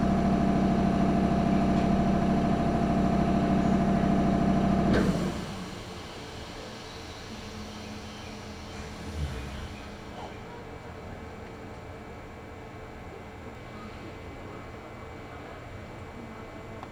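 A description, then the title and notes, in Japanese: A local train on the Chuo East Line, running with a loud, steady motor drone and a buzzing whine for the first five seconds. The drive then cuts off and the sound drops to a quieter, even rumble, with a brief thump near nine seconds. 中央東線 普通 韮崎→東山梨。韮崎を出てもまだ下り続けて甲府盆地に入ります。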